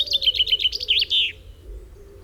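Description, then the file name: Common chaffinch song: a quick run of bright, chipping notes that slightly descends, closing with a short emphatic flourish, then quiet. "Fringilla coelebs"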